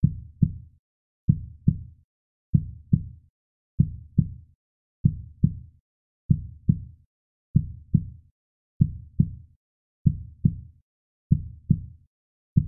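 A steady, low-pitched heartbeat: paired lub-dub thumps repeating at about 48 beats per minute.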